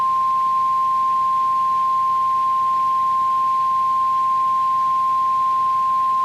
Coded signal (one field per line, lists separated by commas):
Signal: Emergency Alert System (SAME) tones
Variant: 1050 Hz attention tone